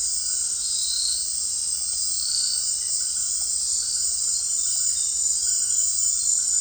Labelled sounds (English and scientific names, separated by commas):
none